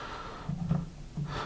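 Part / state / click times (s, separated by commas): soldering iron tip cartridge into tip holder / not seated / none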